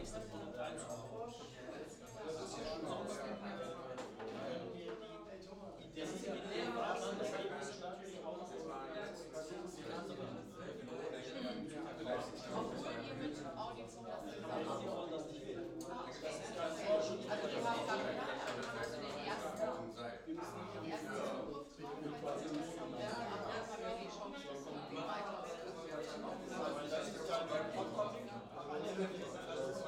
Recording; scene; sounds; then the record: everyday scene through a hearing-aid microphone; many people talking; many voices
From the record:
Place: bistro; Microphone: in the ear canal, left